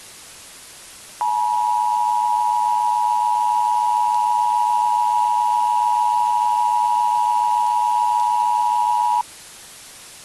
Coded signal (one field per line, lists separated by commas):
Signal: Emergency Alert System (SAME) tones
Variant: 853 and 960 Hz attention tone